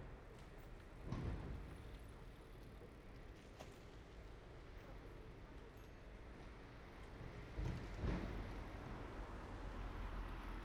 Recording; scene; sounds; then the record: everyday scene through a hearing-aid microphone; in traffic; traffic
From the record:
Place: main road on the outskirts, rush hour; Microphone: behind the ear, right, front